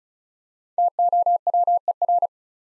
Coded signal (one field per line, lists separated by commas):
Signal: Morse code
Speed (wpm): 36 wpm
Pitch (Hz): 700 Hz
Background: none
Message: TOWER